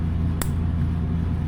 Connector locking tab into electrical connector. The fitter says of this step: Clicks, and then push this little white tab in until it clicks.